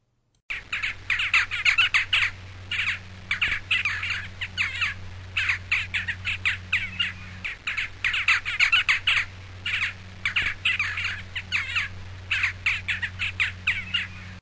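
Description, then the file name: Western jackdaw calls, a rapid chattering stream of harsh, squawky notes in dense bursts with brief pauses, over a steady low hum. "Taccola"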